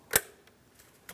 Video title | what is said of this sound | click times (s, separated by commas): How to Replace Ignition Coil Boot 2015-2025 Ford Transit 250 | Audible click. It does not fall out of place. | 0.2 s